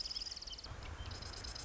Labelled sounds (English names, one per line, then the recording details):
Marsh Wren
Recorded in Sonoma County, California